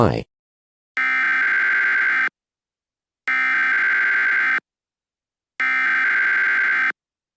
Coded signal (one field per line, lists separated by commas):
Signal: Emergency Alert System (SAME) tones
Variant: header bursts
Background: speech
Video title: Russian Nuclear attack Prank EAS